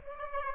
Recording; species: mosquito wingbeat signal from an infrared sensor; Aedes aegypti